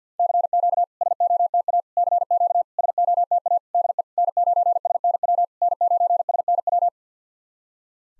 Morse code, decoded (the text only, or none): CQ SOTA CQ SOTA DE N9SNW N9SNW